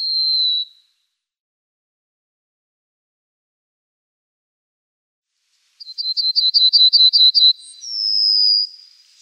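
Pine bunting song: a short high whistle, a pause, then a quick series of sharp repeated notes ending in a drawn-out, slightly higher whistled note.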